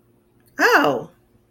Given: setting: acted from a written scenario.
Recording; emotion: vocal sound without words; interest